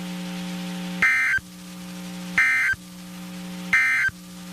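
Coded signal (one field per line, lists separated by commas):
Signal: Emergency Alert System (SAME) tones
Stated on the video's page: NOAA Weather Radio EAS alerts from Mineral Wells and Waco, Texas, during a severe thunderstorm outbreak.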